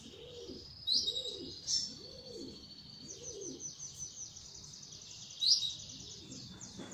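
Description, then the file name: Belgian canary song, a sustained pulsing high trill with bright sharp accents, over repeated lower arched sounds. Copper-coloured Belgian canary. "canto do canario belga cobre"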